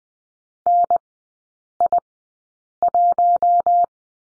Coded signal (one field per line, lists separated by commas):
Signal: Morse code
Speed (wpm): 20 wpm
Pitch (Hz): 700 Hz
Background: none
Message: N I 1